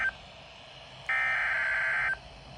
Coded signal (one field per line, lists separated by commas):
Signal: Emergency Alert System (SAME) tones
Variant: header bursts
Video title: Coastal Flood Warning EAS #8 (1/13/24)